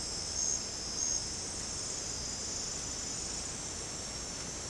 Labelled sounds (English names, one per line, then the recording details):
none
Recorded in secondary vegetation near Puerto Asís, Putumayo, Colombia, on 18 December 2024 at 22:30
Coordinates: 0.489, -76.322
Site G059